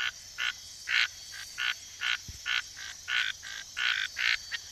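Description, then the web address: Red-snouted treefrog calling in quick, uneven bursts of raspy notes over a constant shrill insect drone. Ecuadorian Amazon, South America. "Natures Songs S America Frogs of Ecuadorian Amazon Scinax rubra"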